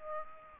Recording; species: mosquito wingbeat signal from an infrared sensor; Aedes aegypti